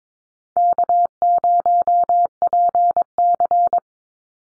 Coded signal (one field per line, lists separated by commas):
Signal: Morse code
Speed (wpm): 22 wpm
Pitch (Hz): 700 Hz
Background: none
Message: K0PC